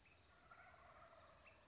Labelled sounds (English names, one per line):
Wild Turkey